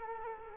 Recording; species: mosquito wingbeat signal from an infrared sensor; Culex quinquefasciatus